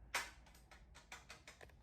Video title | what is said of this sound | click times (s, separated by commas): Loading Andre Double Roller | click your shaft make sure you hear that noise that's engaged into the mechanism | 0.2 s